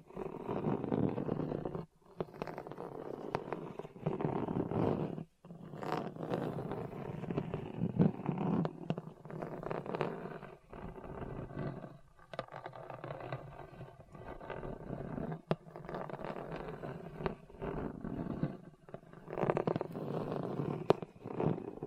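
Rough scratching across a hard, bumpy surface, dense and gritty with low rumbling grind, broken by brief pauses near two, five and eleven seconds.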